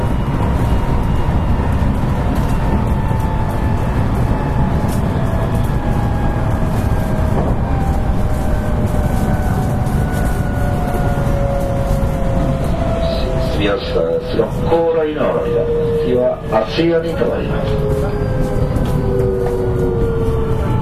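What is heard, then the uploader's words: Inside a moving electric train, a dense, steady low rumble fills the whole stretch. Faint whining motor tones glide slowly downward as the train eases its speed. From about thirteen to seventeen seconds, sharp clattering knocks and squeals cut through, like wheels crossing points. JR西日本223系 JR神戸線快速 神戸から大阪まで. JR西日本223系電車の走行音です。 JR神戸線の快速列車で録音しました。 Running noise of JR West 223 series train.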